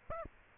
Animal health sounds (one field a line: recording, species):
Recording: mosquito wingbeat signal from an infrared sensor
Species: Aedes aegypti